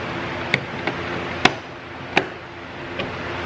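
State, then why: Seated. A plastic door trim piece is pushed back into a Tacoma truck door panel until its clips pop into place. Sharp clicks are heard at 0.5, 1.5 and 2.2 seconds, with fainter ticks around 0.9 and 3.0 seconds over a steady background hum. The trim clips snap home and the piece is seated.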